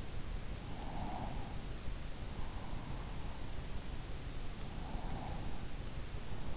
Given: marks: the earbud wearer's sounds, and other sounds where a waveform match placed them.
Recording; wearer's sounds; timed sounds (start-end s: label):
sounds in sleep by an in-ear microphone; breath
0.72-2.69 s: breath
4.74-6.57 s: breath